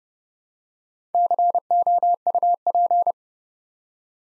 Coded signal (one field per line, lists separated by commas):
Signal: Morse code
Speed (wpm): 30 wpm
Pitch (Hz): 700 Hz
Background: none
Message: COUP